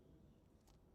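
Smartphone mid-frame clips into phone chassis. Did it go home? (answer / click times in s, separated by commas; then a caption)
no / none. The plastic mid-frame of a Motorola Moto G 5G (2025, XT2513) is being handled and lined up over the phone chassis during a charging port replacement. Only low, steady handling noise is heard, with a brief brighter rustle around 0.7 s. Nothing has seated or clicked yet.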